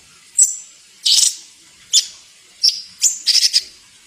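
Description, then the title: Bird chirps: scattered sharp, high notes and brief twittering bursts, separated by short gaps of quiet. Masteran sound used to train songbirds. "Suara masteran Burung"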